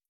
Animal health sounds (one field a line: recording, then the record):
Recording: hydrophone in a shrimp aquaculture tank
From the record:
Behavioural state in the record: feeding